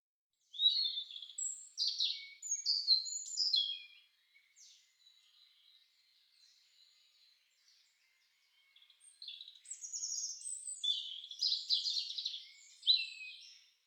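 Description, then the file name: European robin singing two bursts of liquid, high-pitched warbles and thin whistles, separated by a quiet gap of several seconds with faint notes. "roodborst"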